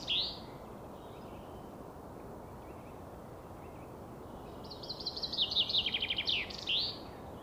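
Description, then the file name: Common chaffinch: the tail of one song's flourish, a quiet gap with soft hiss, then a complete song of quick descending trills ending in an accented flourish. "Fringilla coelebs"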